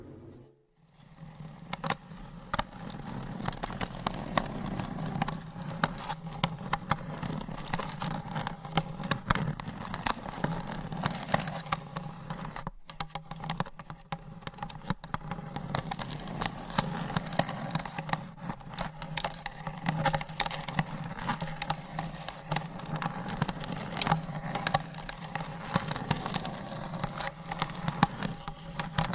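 Long nails tap and scratch on hollow boxes in a dense, rapid patter that carries a low, rumbling hollow tone underneath. The clicking runs almost without pause after a quiet first second, with a brief gap near thirteen seconds before it resumes just as busily.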